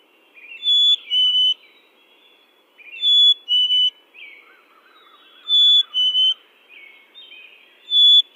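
Chickadee clear two-note whistles, a higher note falling to a lower one, repeated regularly about every two and a half seconds, with faint twittering between phrases.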